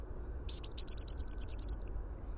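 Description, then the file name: Eurasian blue tit trill call: a clear, rapid string of about twelve high notes, slightly falling in pitch, delivered in under two seconds. "Cyanistes caeruleus"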